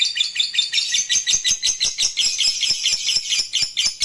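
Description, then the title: Lovebird chatter: shrill, high-pitched notes packed into a fast, uneven stream of pulses that runs on without a break. "Suara Lovebird"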